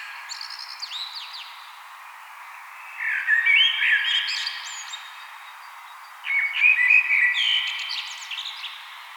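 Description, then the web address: Common blackbird song: two warbled phrases about three seconds apart, each opening with fluty notes and trailing into high squeaky twitters, with faint high chirps before the first. "vogelstimmen amsel gesang nabu lars lachmann"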